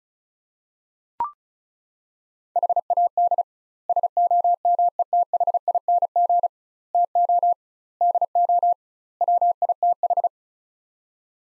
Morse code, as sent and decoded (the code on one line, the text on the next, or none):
.... .- -.. / ... --- -- . - .... .. -. --. / - --- / -.. --- / .-- .. - ....
HAD SOMETHING TO DO WITH